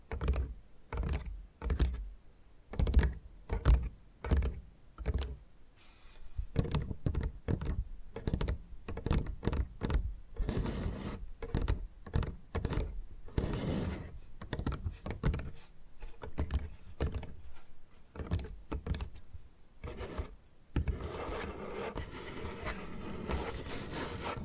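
Bamboo is tapped and scratched in quick, uneven bursts, sharp clicks that bunch together and then spread apart, dense and busy in the middle stretch. From about twenty seconds a steadier, hissing brushing takes over, with light ticks scattered through it.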